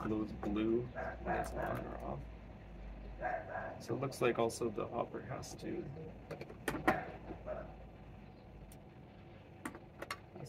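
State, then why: Seated. Someone talks while a plastic bean hopper is twisted onto the body of an Orbegozo coffee grinder, with sharp handling knocks around 6.7 to 6.9 s and 9.7 s. The hopper clicks and locks into place at 10.1 s.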